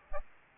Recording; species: mosquito wingbeat signal from an infrared sensor; Aedes aegypti